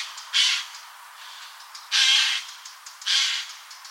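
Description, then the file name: Eurasian jay calling with three hoarse, grating screeches at irregular intervals. "Garrulus glandarius"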